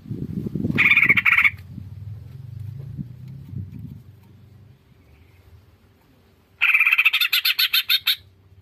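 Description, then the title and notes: Greater green leafbird song in two short bursts of bright, scratchy chattering notes, the second with rapid pulsed phrases, separated by low rumbling and rustling. Masteran and pancingan bird-training recording of a gacor greater green leafbird. "Masteran & Pancingan Cucak Ijo Gacor. Burung Cucak Ijo"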